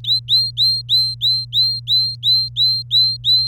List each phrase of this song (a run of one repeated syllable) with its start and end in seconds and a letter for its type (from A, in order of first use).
0.04-3.48 A